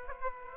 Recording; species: mosquito wingbeat signal from an infrared sensor; Aedes aegypti